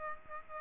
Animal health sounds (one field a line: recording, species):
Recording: mosquito wingbeat signal from an infrared sensor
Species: Aedes aegypti